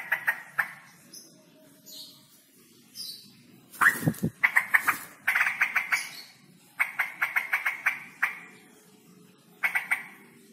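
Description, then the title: Straw-headed bulbul song: loud bursts of rapid, stuttering notes held near one pitch, several phrases broken by short pauses, with a clattering noise near four seconds. Male singing persistently (gacor) with a loud voice and long 'ROoo EL' trills; recording used as masteran, a tutor recording for training other songbirds. "GILEEE Cucak ROWO Jantan GACOR Suara Lantang ROoo EL Panjang"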